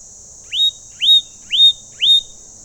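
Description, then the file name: Leaden flycatcher whistled call: four clear notes, each sweeping upward then levelling off, about half a second apart, over a steady high hiss. "Myiagra Rubecula"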